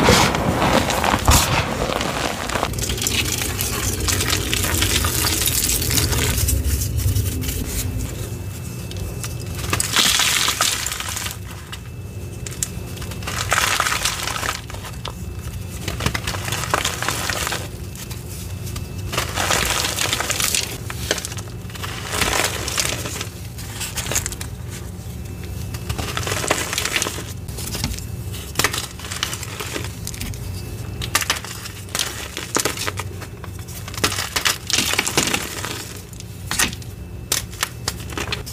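Gym chalk being crushed with baby oil: gritty crunching and squishing that comes in irregular bursts throughout. The first ten seconds are denser and louder, then the sound breaks into separate sharp crackles and soft presses with brief quieter gaps, over a low steady hum.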